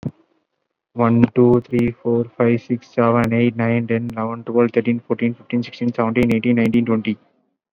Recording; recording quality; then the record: counting at a normal pace; excellent, no background noise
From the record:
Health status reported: exposed to COVID-19, no respiratory illness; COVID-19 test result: negative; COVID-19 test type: RT-PCR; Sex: male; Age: 22 years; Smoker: no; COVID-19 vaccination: one dose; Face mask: worn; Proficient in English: yes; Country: India